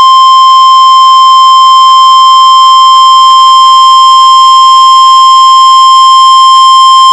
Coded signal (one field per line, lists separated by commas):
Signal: Emergency Alert System (SAME) tones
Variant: 1050 Hz attention tone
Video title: Real NOAA Weather Radio EAS Alerts #114 and #115